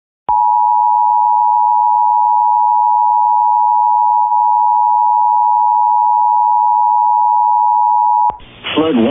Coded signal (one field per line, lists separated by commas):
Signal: Emergency Alert System (SAME) tones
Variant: 853 and 960 Hz attention tone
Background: speech